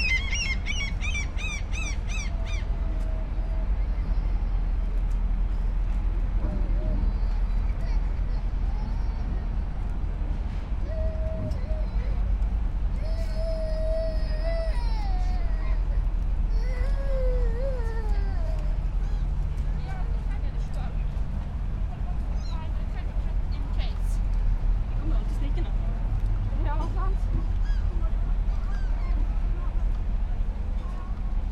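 A calm outdoor scene on a pier, carried by a steady low rumble of water and engines. A small bird chirps rapidly in the first few seconds, then scattered calls and faint voices drift in, most between about 11 and 18 seconds.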